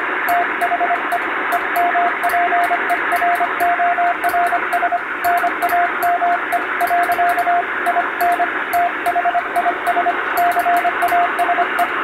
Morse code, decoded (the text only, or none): THE EMPERORS NAME . IN THIS CASE